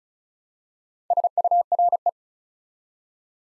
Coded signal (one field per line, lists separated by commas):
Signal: Morse code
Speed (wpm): 36 wpm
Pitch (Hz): 700 Hz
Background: none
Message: SURE